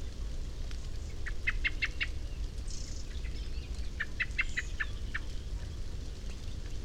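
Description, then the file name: Common blackbird giving quick series of hard chinking notes in two main bursts, with a brief hiss and constant low-pitched background rumble. "Turdus merula"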